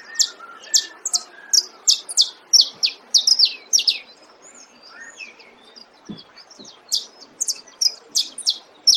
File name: canario da terra